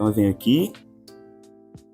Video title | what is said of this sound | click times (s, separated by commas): COMO TROCAR O CONECTOR DA BOBINA DA SPORTAGE IX35 CRETA ELANTRA PASSO A PASSO DETALHADO | você escuta um pequeno clique quando ele encaixa tá | 1.1 s